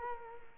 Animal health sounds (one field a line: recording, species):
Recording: mosquito wingbeat signal from an infrared sensor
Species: Culex quinquefasciatus